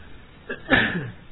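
sneeze

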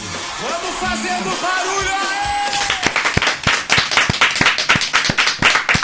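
audience applause

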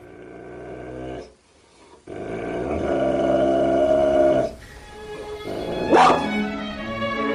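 dogs barking and growling

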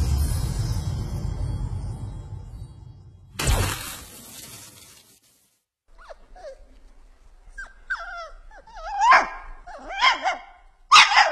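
small dog barking

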